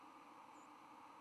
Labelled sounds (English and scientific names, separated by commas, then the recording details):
White-throated Sparrow (Zonotrichia albicollis) flight call
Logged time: 04:31 on 10 November 2014